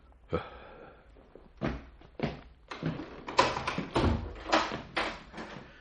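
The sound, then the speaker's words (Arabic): A door is opened to let in a priest who comes as a guest, with a string of clunks and rattles: a few separate sharp knocks at first, then a denser, uneven run of thuds and scrapes, with no one talking. “افتح له الباب يا ولدي، فهو يقول إنه ضيفنا.”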